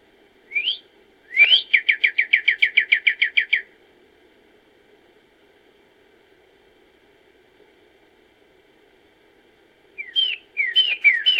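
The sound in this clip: Bird calls: a rising note, then a fast series of many repeated downslurred whistles, a long quiet gap, and then a few more slurred notes.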